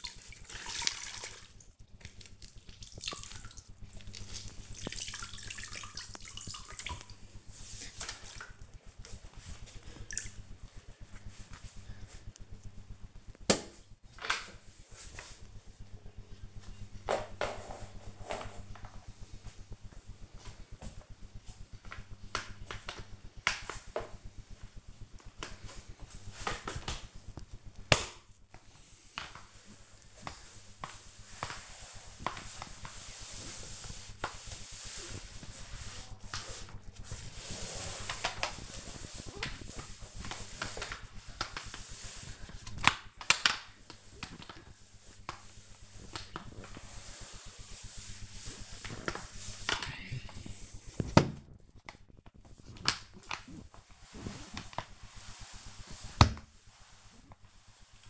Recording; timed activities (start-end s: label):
household activities, microphone on the right wrist
0.00-58.10 s: floor cleaning